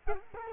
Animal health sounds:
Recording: mosquito wingbeat signal from an infrared sensor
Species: Culex quinquefasciatus

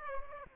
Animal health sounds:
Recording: mosquito wingbeat signal from an infrared sensor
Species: Aedes aegypti

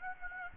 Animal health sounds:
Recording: mosquito wingbeat signal from an infrared sensor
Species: Aedes aegypti

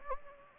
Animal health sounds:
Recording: mosquito wingbeat signal from an infrared sensor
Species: Anopheles gambiae

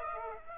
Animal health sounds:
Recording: mosquito wingbeat signal from an infrared sensor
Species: Aedes aegypti

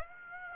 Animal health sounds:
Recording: mosquito wingbeat signal from an infrared sensor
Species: Aedes aegypti

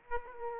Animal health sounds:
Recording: mosquito wingbeat signal from an infrared sensor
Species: Aedes aegypti

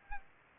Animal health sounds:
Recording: mosquito wingbeat signal from an infrared sensor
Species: Aedes aegypti

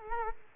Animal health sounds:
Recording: mosquito wingbeat signal from an infrared sensor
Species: Culex quinquefasciatus

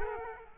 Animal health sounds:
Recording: mosquito wingbeat signal from an infrared sensor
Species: Culex quinquefasciatus

